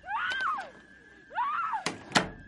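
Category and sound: sound effect, door being shut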